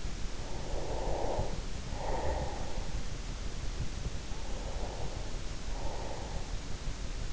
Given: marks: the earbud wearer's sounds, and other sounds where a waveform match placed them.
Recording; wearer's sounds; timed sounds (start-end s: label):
sounds in sleep by an in-ear microphone; breath
0.51-2.86 s: breath
4.39-6.81 s: breath